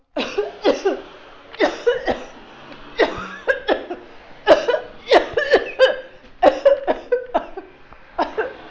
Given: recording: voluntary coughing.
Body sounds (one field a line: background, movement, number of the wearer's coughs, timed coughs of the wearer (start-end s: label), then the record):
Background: traffic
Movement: walking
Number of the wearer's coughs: 13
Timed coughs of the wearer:
0.16-0.52 s: cough
0.62-1.07 s: cough
1.58-2.01 s: cough
2.05-2.37 s: cough
2.97-3.56 s: cough
3.66-4.11 s: cough
4.45-4.82 s: cough
5.08-5.42 s: cough
5.42-5.96 s: cough
6.40-6.85 s: cough
6.85-7.32 s: cough
7.32-7.60 s: cough
8.16-8.47 s: cough
From the record:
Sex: female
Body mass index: 21.8 kg/m2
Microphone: on the chest, facing outward